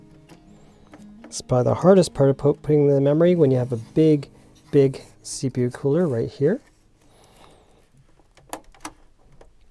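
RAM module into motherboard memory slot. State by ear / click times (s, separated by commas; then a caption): seated / 8.5 s, 8.8 s. A DDR5 RAM stick is pressed into a motherboard DIMM slot while working around a large CPU cooler, and someone talks for the first several seconds. After the talk, sharp clicks at 8.5 s and 8.8 s mark the retention tabs latching and the module snapping into place, seated.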